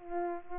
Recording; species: mosquito wingbeat signal from an infrared sensor; Aedes aegypti